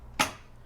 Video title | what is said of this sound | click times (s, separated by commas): How to Thread the Baby Lock Evolution for a 4-Thread Overlock Stitch | a little click and now I've got a continuous path for my thread to follow | 0.2 s